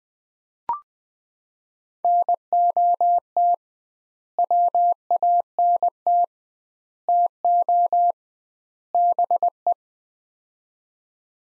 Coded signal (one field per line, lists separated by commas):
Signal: Morse code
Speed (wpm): 20 wpm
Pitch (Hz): 700 Hz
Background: none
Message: NOT WANT TO BE